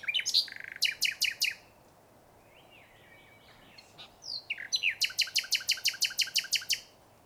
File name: canto verso usignolo luscinia megarhynchos nightangale nachtigall